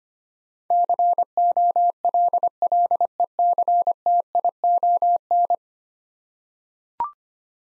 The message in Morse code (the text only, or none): COLLECTION